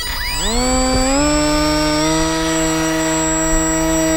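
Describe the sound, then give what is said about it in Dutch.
A styrofoam drone flying over a grass field at Twente airfield, a former military airfield in the Netherlands: its motors whine upward in pitch during the first second, then settle into a steady, loud buzzing hum with layered tonal harmonics, holding constant to the end with no voices. “But again, you hear the motor speeding up.”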